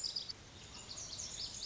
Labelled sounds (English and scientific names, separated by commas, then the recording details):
Lazuli Bunting (Passerina amoena)
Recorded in Sonoma County, California